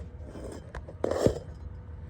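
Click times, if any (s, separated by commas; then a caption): 1.0 s, 1.3 s. On a 1994–2004 Ford Mustang (SN95), a parking brake cable is pushed up into its underbody bracket until the metal retaining clip snaps home. After a faint scrape, sharp clicks land at 1.0 s and 1.3 s. The clip is seated in place.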